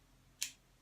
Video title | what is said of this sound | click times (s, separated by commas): UD APRO 22 Vape Pen Review | I like the sliding action I snaps open fill it snaps back into place | 0.4 s